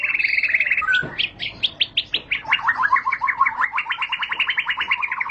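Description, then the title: White-rumped shama song, a buzzy trill followed by a series of sharp ticking strokes that run into a fast, even rattle of repeated notes. Lure recording (pancingan) of a high-quality caged bird song, much sought for use as a master tutor recording to train other caged birds. "Pancingan Murai Batu Berkelas Banyak Di Cari Buat Masteran"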